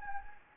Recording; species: mosquito wingbeat signal from an infrared sensor; Anopheles gambiae